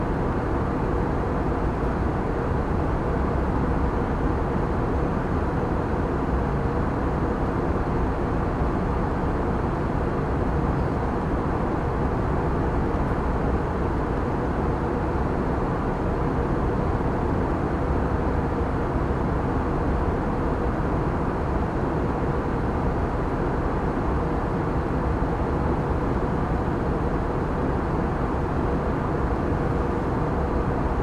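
Plane engine sound during a flight: a steady, dense roar that never changes over the whole stretch. The weight sits low and in the middle, with a faint line of hum running through it and little brightness above. No separate events stand out.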